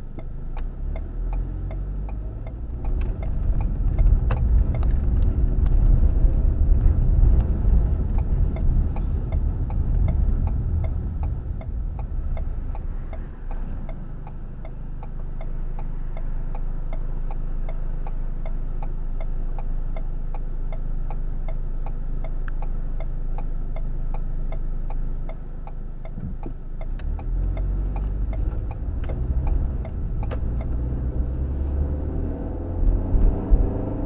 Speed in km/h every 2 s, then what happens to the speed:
11, 18, 23, 26, 24, 13, 2, 0, 0, 0, 0, 0, 0, 10, 18, 27, 39.
0-7 speeds up to 26. 7-12 brakes to 2. 12-24 standing. 24-34 pulls away to 39.